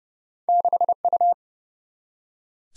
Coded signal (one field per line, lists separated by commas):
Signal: Morse code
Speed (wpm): 30 wpm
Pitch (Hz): 700 Hz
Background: none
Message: 6U